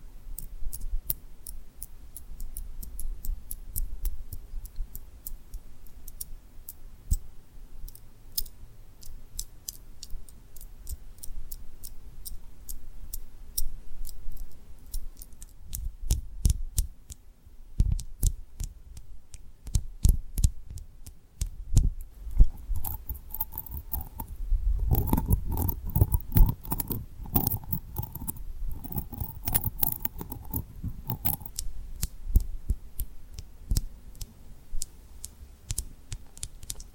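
Tapping and rubbing on rhinestone lip triggers, heard as quick, sharp clicks over a soft, low rubbing. The taps come in irregular bursts, thickening after about 15 seconds, and around 25 seconds a heavier thumping rub adds a brief ringing tone.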